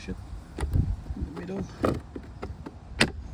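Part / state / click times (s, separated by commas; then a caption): side mirror glass onto mirror actuator / seated / 3.0 s. The glass or backing plate of an Acura MDX side view mirror is pressed onto the mirror actuator at its middle, during a repair for mirror clicking, popping and loss of memory functions. Handling noises and someone talking lead up to a sharp click at 3.0 s as the glass seats in place on the actuator.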